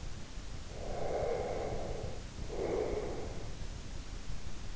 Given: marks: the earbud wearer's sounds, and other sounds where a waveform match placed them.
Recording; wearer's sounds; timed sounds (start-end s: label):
sounds in sleep by an in-ear microphone; breath
0.66-3.60 s: breath